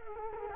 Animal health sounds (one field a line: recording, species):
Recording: mosquito wingbeat signal from an infrared sensor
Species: Culex quinquefasciatus